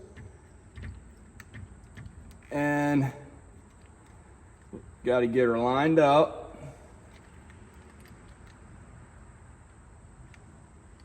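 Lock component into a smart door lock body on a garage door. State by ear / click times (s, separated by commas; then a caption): not seated / none. A lock component is handled and lined up with the body of a keypad smart lock being installed on a metal garage door, with faint small ticks and taps of handling throughout while someone talks. Nothing has seated or clicked into place yet.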